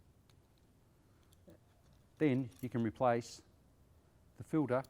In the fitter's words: it pushes in there beautifully. You'll hear it go click.